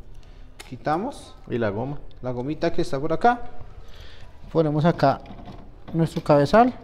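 Someone talks while handling the print head cartridge of an HP DeskJet GT 5820 ink tank printer, first removing a small rubber piece and then placing the print head into the printer carriage. Two faint, brief taps occur near 0.2 s, but the print head has not clicked or seated yet by the end of the clip.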